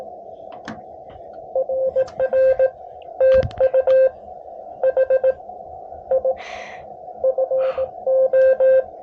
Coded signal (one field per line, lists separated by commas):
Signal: Morse code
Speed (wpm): 19 wpm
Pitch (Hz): 530 Hz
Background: none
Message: RR TU H I FO